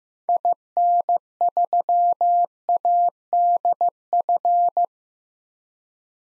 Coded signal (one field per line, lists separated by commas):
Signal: Morse code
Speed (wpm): 15 wpm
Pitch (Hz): 700 Hz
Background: none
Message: IN3ADF